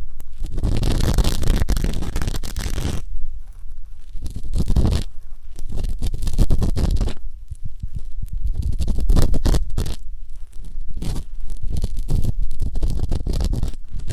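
Ear-cleaning ASMR sounds: dense crackly scratching and rubbing in bursts, with a hiss from the first three seconds and low rumbly thumps throughout.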